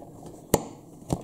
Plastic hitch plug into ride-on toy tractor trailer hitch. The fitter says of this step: there you go just turn that and you'll feel it click in place so the trailer is now attached